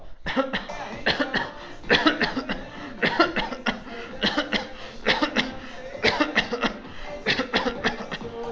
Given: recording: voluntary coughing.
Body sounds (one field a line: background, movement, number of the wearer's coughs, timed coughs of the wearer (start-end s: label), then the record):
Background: music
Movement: walking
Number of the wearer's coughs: 21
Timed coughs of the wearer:
0.18-0.52 s: cough
0.52-0.69 s: cough
1.04-1.32 s: cough
1.32-1.61 s: cough
1.87-2.19 s: cough
2.19-2.49 s: cough
2.49-2.68 s: cough
3.00-3.35 s: cough
3.35-3.64 s: cough
3.64-3.94 s: cough
4.20-4.50 s: cough
4.50-4.72 s: cough
5.04-5.34 s: cough
5.34-5.55 s: cough
6.02-6.34 s: cough
6.34-6.61 s: cough
6.61-6.88 s: cough
7.25-7.51 s: cough
7.51-7.82 s: cough
7.82-8.09 s: cough
8.04-8.36 s: cough
From the record:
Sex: male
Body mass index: 22.0 kg/m2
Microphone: on the chest, facing outward